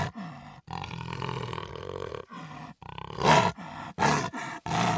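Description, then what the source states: Harsh, throaty jaguar growls in quick uneven bursts, rising to louder snarling roars toward the end. Two jaguars, angry.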